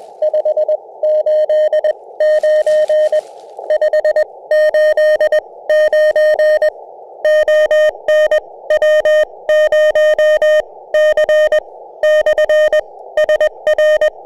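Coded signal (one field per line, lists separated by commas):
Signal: Morse code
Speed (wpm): 21 wpm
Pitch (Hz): 610 Hz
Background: none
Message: 589 589 ON W0C/SR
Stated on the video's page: CW during a SOTA summit activation, the first of Black Bull Peak near Luna, New Mexico.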